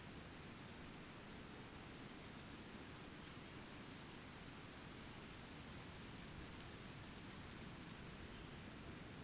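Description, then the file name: Cicada giving a continuous, very high shrill buzz that pulses steadily, over a constant low rumbling background. Distinctive, very shrill cicada with other cicadas in the background, in dry forest. "Cigarra diferente bem estridente outras cigarras no fundo na mata seca, passaros bem longe"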